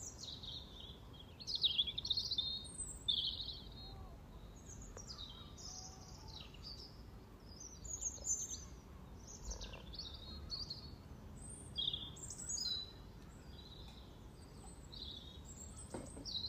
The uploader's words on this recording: Frog Chorus Spring sounds first Lunch outside St Patrick’s day. Freshfield Formby Merseyside, UK. We have 2 ponds in the garden. The sunny pond has a chorus of 20 frogs some floating, some sitting on the piles of frog spawn that have only recently been laid. This recording captures the frogs welcoming the arrival of the female frogs.